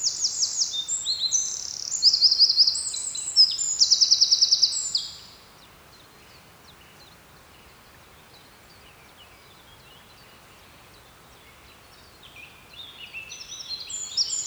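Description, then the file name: Eurasian wren song: an energetic outburst of high twittering and fast trills for five seconds, a long quiet gap, then the start of another burst. "Troglodytes troglodytes"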